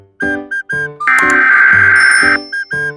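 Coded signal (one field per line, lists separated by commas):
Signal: Emergency Alert System (SAME) tones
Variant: header bursts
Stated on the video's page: Fictional Emergency Alert System scenario with loud, scary tones.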